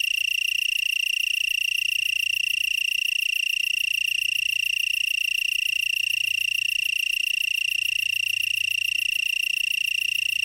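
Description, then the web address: Black-horned tree cricket song: an unbroken, evenly pulsed trill at a steady, fairly high pitch, running continuously throughout. "The Songs of Insects. Black-horned Tree Cricket"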